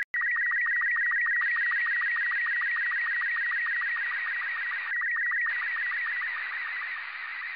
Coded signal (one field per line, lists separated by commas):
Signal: SSTV (slow-scan television)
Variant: Robot 36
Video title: September 22nd, 2019 - Voice Repeater (SSTV) RX Only Lapan IO-86